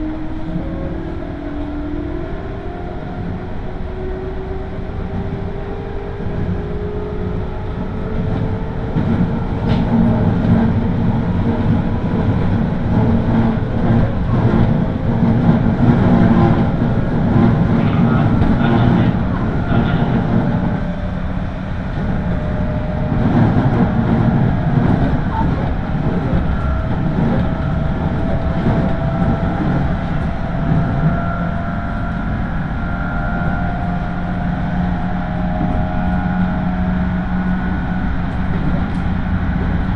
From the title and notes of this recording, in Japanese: 東海道本線各駅停車 豊橋→西岡崎。最近は運用も減っている311系特有の加速感が分かると思います。